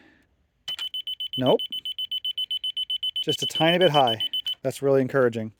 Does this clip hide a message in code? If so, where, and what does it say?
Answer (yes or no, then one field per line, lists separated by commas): no